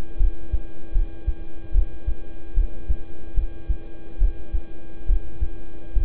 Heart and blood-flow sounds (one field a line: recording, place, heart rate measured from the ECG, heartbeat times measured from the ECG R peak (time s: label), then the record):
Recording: heart sounds by stethoscope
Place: between the tricuspid and mitral areas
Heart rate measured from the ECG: 73 bpm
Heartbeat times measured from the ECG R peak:
0.17 s: heartbeat
0.92 s: heartbeat
1.72 s: heartbeat
2.54 s: heartbeat
3.34 s: heartbeat
4.18 s: heartbeat
5.06 s: heartbeat
5.93 s: heartbeat
From the record:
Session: rest, lying down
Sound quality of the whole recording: good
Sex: male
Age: 26 years